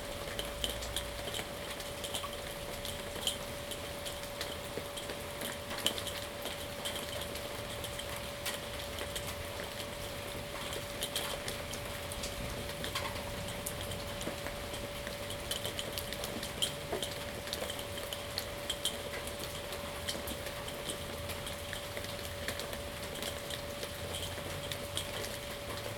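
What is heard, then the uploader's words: A thunderstorm heard from a patio, with a steady wash of rain and dense, irregular ticks and taps of drops throughout. A constant mid-pitched hum runs unchanged underneath, along with a low rumble like an idling engine, and the level stays even for the whole stretch. Salem Oregon thunderstorm, recorded live from the Lava Lamp Lounge patio. The storm began at roughly 4:30 PM. This is a raw audio recording, made with a ZOOM H2n Recorder.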